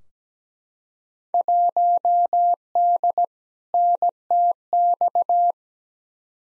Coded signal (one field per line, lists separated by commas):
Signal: Morse code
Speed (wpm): 17 wpm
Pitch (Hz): 700 Hz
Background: none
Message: 1D NTX